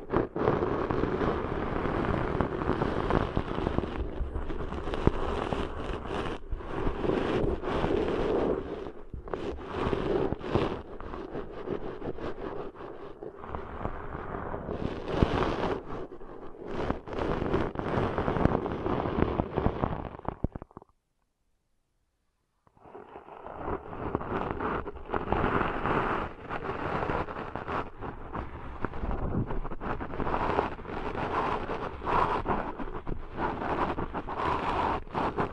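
Ear cleaning sounds: dense, continuous scraping and rustling with low rumble underneath and frequent crackly, brushing strokes flickering through. The texture stays thick and busy, breaks into full silence around 21 to 23 seconds, then resumes just as densely.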